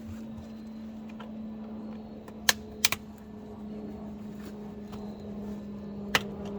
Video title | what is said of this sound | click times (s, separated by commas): How to access remove replace install battery Dodge Durango R/T RT SRT Hellcat V6 V8 SE SXT GT | Make sure they're kind of flush. They'll snap right in. | 2.5 s, 2.9 s, 6.1 s